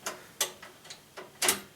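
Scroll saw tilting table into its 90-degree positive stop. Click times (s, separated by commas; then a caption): 0.4 s. A scroll saw's tilting table is returned to its 90-degree positive stop, and the detent engages with a click at 0.4 s, among several other short ticks and clicks. The loudest burst comes near 1.4 s. The table is seated at its 90-degree stop.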